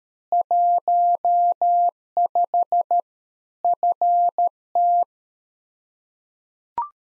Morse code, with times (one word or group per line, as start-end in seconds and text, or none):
0.3-3.0 15
3.6-5.0 FT